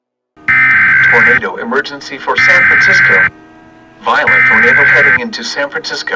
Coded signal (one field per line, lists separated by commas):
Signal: Emergency Alert System (SAME) tones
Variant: header bursts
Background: speech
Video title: California Derecho and Other Warnings EAS Scenario Part 3